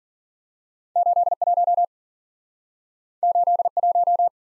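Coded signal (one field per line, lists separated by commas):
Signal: Morse code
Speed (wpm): 54 wpm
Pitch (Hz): 700 Hz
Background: none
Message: 8 1 8 1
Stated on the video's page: Speed-Racing practice of two-character letter-number combinations, starting at 40 wpm and slowing to a base speed, with a final repeat at maximum speed.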